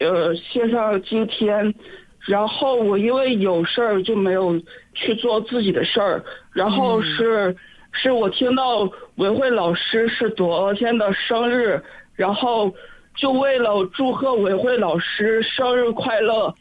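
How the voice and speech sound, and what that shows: An adult man calling in to a radio program speaks Mandarin with stretched sounds, a repeated syllable and frequent fillers: mild stuttering. He has a stuttering disorder and cannot get words out when asked something; nervousness makes his speech less fluent.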